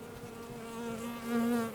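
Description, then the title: Bee buzzing, a steady low hum with a clear drone that wavers slightly in pitch and swells louder near the end. Bees buzzing in a garden on a sunny summer day in Jette, Belgium; Sony PCM-D100 internal microphones, wide position. "Rue Jean Baudoux 40, 1090 Jette, Belgique - Bees in the garden"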